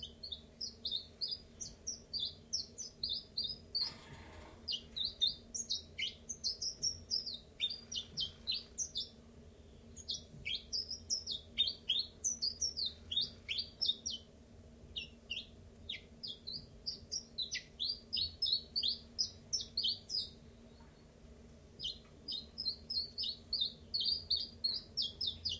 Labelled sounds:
Common Chiffchaff

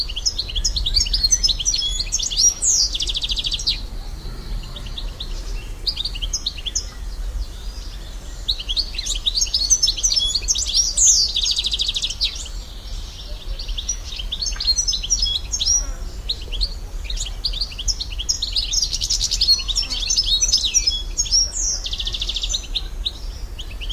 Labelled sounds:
European Goldfinch song

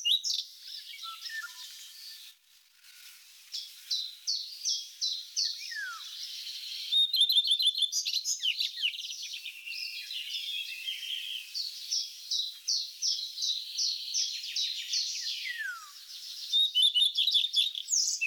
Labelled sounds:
Common Redstart song

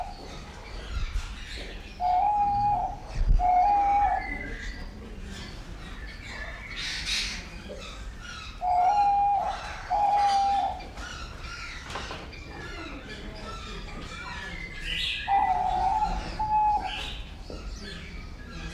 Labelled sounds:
Diamond Dove call

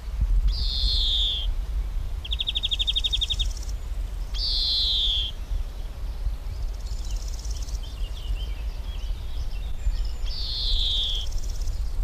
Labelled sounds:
Large Gold Grasshopper stridulation

